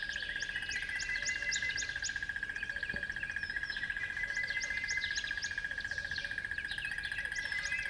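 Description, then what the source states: Birds chirping and singing: bursts of quick high downward-slurred notes and twittering from several birds, with a constant high tonal hum running underneath throughout. At dawn on a river bed.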